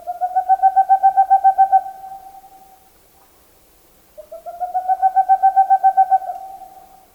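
Boreal Owl giving two rapid trills of hollow hooting notes, each about two seconds long, separated by a pause of roughly two seconds.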